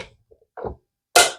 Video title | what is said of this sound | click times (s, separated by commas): How to mount a rifle scope... the easy way | Hear that click? That means it's tight. | 1.2 s